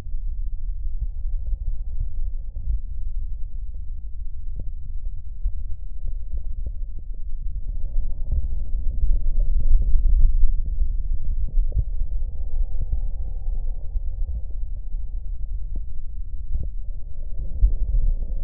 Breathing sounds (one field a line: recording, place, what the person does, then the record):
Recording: lung sounds by stethoscope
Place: right posterior basal chest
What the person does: quiet breathing, then deep breathing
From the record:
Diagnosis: COPD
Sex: male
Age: 60 years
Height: 171 cm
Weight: 59.4 kg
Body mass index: 20.3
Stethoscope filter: extended mode